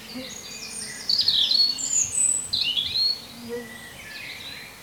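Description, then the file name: European robin song: a rich run of high, quickly changing whistles and slurred notes lasting about two seconds, then quieter notes fading out. "Erithacus rubecula"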